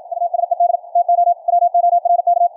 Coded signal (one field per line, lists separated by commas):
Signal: Morse code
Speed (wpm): 56 wpm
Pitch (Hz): 700 Hz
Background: radio noise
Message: USED TO WORK